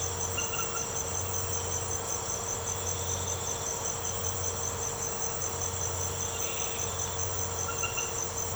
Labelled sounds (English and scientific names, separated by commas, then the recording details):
none
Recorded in secondary vegetation near Puerto Asís, Putumayo, Colombia, on 24 March 2025 at 01:00
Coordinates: 0.468, -76.324
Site G059